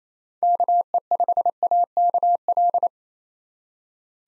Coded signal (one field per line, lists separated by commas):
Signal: Morse code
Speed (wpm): 29 wpm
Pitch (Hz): 700 Hz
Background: none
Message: KE5AKL